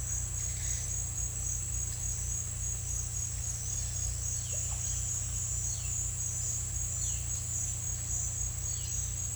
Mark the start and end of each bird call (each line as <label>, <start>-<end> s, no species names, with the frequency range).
bird call (2.2-5.0 kHz), 4.31-4.62 s
bird call (2.3-5.2 kHz), 5.59-5.88 s
bird call (2.2-4.7 kHz), 6.91-7.29 s
bird call (2.4-4.6 kHz), 8.73-9.00 s